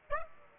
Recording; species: mosquito wingbeat signal from an infrared sensor; Aedes aegypti